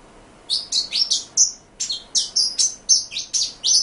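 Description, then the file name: Pin-tailed whydah song: sharp, high-pitched squeaky notes delivered in a fast, uneven sequence, some notes sliding downward, with a brief pause early on. "suara pintailwydah omkicau"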